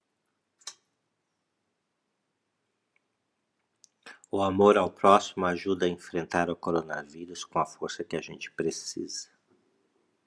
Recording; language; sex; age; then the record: spoken sentence; Brazilian Portuguese; male; 50 to 59 years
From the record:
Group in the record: control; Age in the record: 54 years